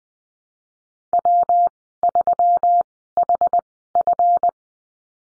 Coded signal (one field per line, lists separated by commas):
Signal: Morse code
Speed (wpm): 20 wpm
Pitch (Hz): 700 Hz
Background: none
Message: W3HF